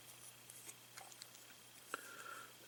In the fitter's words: just take the clip and push on it okay and it snaps into place so